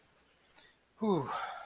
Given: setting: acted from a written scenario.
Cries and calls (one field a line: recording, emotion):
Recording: vocal sound without words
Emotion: serenity